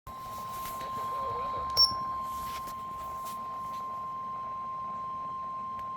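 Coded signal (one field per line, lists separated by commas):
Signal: Emergency Alert System (SAME) tones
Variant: 1050 Hz attention tone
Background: speech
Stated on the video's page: Flash flood warning received on a NOAA weather radio station.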